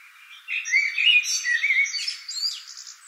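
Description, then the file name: Common blackbird song: a short, loud, fluty warble that ends in a thin, scratchy high twitter. "Turdus merula"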